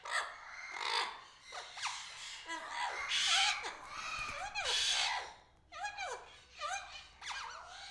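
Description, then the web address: Aviary birds squawking and whistling, many overlapping harsh calls with sharp falling notes and loud screechy bursts around the middle. "Epidemic Sound Albums. Aviary Birds"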